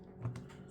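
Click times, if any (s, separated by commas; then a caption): none. A replacement plastic foot is handled and pushed toward the peg of an action figure's leg, with faint low rumble and two brief soft taps near 0.3 and 0.4 seconds. Nothing has seated or clicked yet; the clip ends just before the foot snaps into place.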